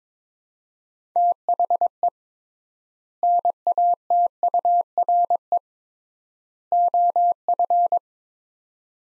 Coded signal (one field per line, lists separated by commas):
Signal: Morse code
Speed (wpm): 21 wpm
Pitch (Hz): 700 Hz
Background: none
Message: THE NATURE OF